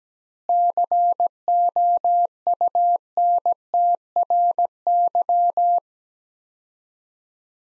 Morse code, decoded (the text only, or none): COUNTRY